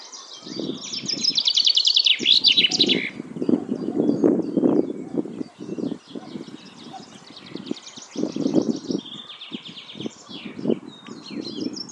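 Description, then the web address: Common chaffinch song: a loud, fast trill ending in a flourish early on, with fainter phrases later, over low rumbling noise. "Deverinetal 2025 File origin Bird Only Fr Co"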